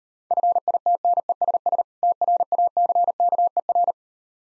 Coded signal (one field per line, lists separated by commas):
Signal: Morse code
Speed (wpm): 38 wpm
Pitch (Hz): 700 Hz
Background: none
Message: FITNESS TRACKER